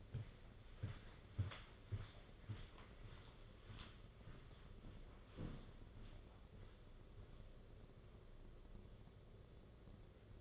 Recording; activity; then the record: daily activity, microphone in the room; walk to room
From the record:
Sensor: 4